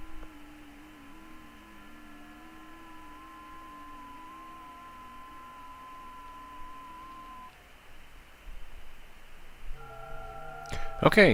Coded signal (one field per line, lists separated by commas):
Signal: FT8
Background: speech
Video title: FT8 Experiment